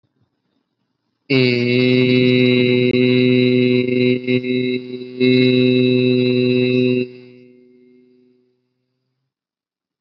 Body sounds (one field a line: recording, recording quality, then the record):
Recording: sustained vowel as in made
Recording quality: excellent, no background noise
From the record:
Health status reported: healthy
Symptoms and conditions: none ticked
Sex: male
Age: 20 years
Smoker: not ticked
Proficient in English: yes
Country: India